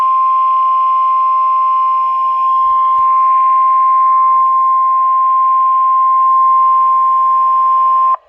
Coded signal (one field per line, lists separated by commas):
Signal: Emergency Alert System (SAME) tones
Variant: 1050 Hz attention tone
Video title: Flood Warning (EAS #102)